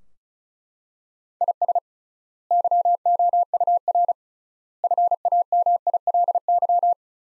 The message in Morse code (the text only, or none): IS YOUR FAMILY